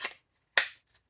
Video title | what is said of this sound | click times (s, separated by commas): PKS Grizzly, TOPS BOB & Mora Garberg Sheaths | nice click in no rattle no play very nice retention | 0.6 s